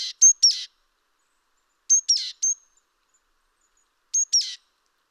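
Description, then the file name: Great tit calls: three short clusters of sharp high notes with a brief whistled element, spaced about two seconds apart in otherwise quiet surroundings. "Parus major"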